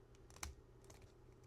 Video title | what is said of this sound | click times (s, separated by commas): Too Awesome!!! The Lord of Beasts! Transformers Age of the Primes Leader Onyx Prime Chefatron Review | like about 90 degrees up until it clicks. | 0.4 s